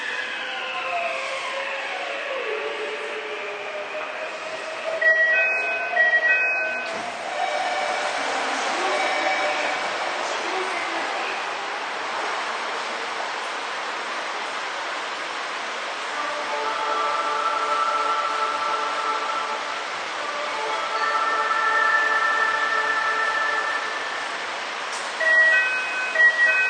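A Toei 6300 series train runs between Nishi-takashimadaira and Jimbocho, its steady rushing roar filling the recording. Whining motor tones sweep and glide early on, then settle into layered humming pitches in the second half. Short chiming beeps sound around five seconds and again near the end.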